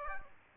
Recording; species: mosquito wingbeat signal from an infrared sensor; Aedes aegypti